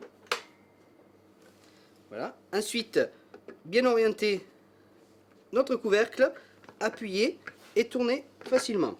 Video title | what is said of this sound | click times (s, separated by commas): Utilisation du robot CuisiCook - GiFi | Donc, je vais remettre de nouveau le bol pour que vous puissiez entendre le clip. | 0.3 s